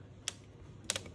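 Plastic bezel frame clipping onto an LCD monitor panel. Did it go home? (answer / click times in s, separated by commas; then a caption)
yes / 0.3 s, 0.9 s. The plastic bezel frame of an LCD monitor is pressed back onto the panel assembly, and its plastic clips snap home with sharp clicks at 0.3 s and 0.9 s, a softer click following just after the second. The frame is seated.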